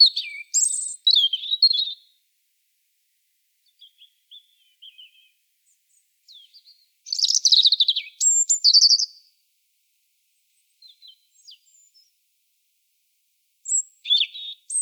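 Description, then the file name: European robin song: thin, high warbled phrases of sweet whistles and quick trills, given in bursts at the start, middle and end with quiet gaps between. "Erithacus rubecula"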